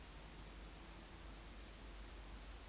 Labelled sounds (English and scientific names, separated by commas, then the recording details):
Eurasian Woodcock (Scolopax rusticola) whistle
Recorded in Baden-Württemberg, Germany, on 9 May 2021 at 19:43 UTC
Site 23718, 552 m above sea level